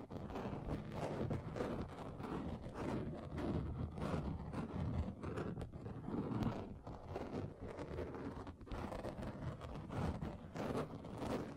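A table is scratched across different surfaces in a continuous, dense rasping that fills the whole stretch without pause. The grating texture shifts in pressure and grain, swelling and easing every second or so, with a low rumble underneath throughout.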